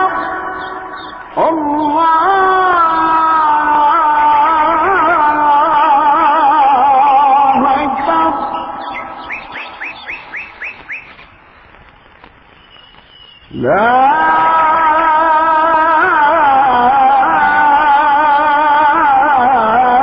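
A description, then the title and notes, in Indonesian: A dawn call to prayer is sung in long, sustained, wavering phrases, starting just after the first second. Around nine to eleven seconds the voice trails off and quick repeated chirps come through, then a short near-quiet gap before the voice returns strongly at fourteen seconds. Adzan Shubuh. Saat adzan dikumandangkan, suara burung di pagi hari turut menemani.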